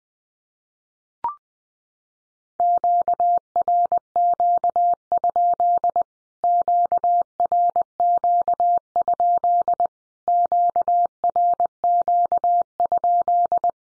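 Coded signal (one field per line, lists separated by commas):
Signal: Morse code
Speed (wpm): 20 wpm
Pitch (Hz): 700 Hz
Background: none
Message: QRQ? QRQ? QRQ?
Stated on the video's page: 20wpm practice drill of Q-codes, each sent three times in Morse as statement or question, then sent again.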